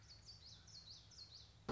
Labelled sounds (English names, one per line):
Common Yellowthroat